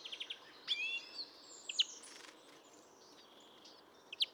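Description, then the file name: European greenfinch giving brief chirping trills and a few short sweeping notes, fairly faint over a steady hiss of background noise. "Chloris chloris"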